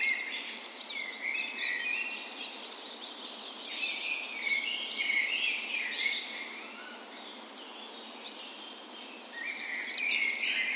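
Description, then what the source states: Dawn chorus with several birds singing over one another, bright warbling and twittering phrases, then a short lull before singing rises again near the end. Spring dawn chorus recorded on the morning of 17 May, Norway's National Day, in a park west in Bergen, Norway; Sony PCM A10 recorder with LOM Usi microphones placed as "tree ears".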